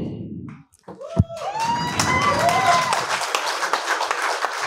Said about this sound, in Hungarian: Ez a kiadónak szólt, most tapsoljuk meg a szerzőt. Nem is. A szerzőnek.